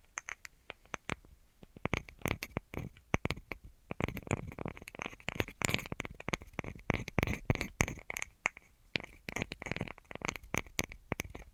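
ASMR tapping: quick, crisp taps and light scratches in dense irregular bursts, sparse for the first two seconds and then nearly continuous. The clicks are bright, with a steady ringing tone under many of them, and brief quieter gaps occur around eight seconds.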